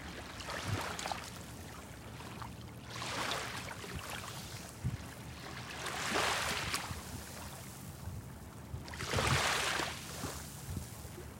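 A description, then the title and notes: Small waves wash onto a beach in soft, hissing surges, each swelling and fading over a couple of seconds, with the strongest around the sixth and ninth seconds. A low, steady hum and faint knocks sit underneath the rolling water. 愛媛県今治市星の浦ビーチの波の音です. Sound of wave at Hoshinoura Beach Imabari Ehime Japan.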